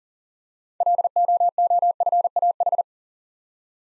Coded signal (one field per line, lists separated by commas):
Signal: Morse code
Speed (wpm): 38 wpm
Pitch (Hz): 700 Hz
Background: none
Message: LOOFAH